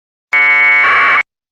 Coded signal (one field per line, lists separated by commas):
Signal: packet radio (AX.25, as in APRS)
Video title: APRS User Guide by Marcel AI6MS